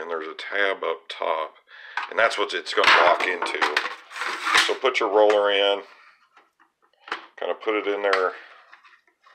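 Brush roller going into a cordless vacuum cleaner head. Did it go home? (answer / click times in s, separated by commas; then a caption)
no / none. A brush roller is pushed into the floor head of a Dyson V6 cordless vacuum cleaner, guided in against the tab at the top, while someone talks. Light knocks and handling sounds come between about 6.4 and 9.1 seconds as the roller is worked into place. Nothing has seated or clicked yet.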